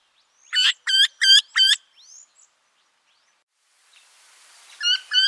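Eurasian wryneck with four loud nasal notes in quick succession, a silent gap, then two more notes starting another series amid light hiss.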